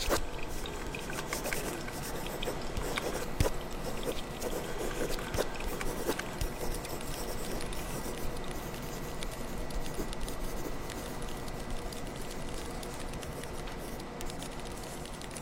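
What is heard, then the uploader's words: Handwriting scratches along without pause, a dense stream of small rasps and ticks from start to finish. A few sharper clicks stand out around three, five and six seconds, over a faint steady whine and low rumble, easing slightly toward the end. Late-night coffee bar in 2024, typing, handwriting, flipping through.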